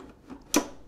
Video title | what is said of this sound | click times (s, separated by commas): Best Blenders For Smoothies And Soups | the pitcher is on the base twist clockwise until you hear it click and lock into place | 0.5 s